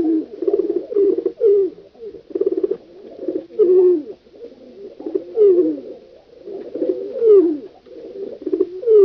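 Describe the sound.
Pigeon cooing: soft, low, throaty coos repeated in uneven bursts throughout, some phrases rising and falling, with no other clear sounds.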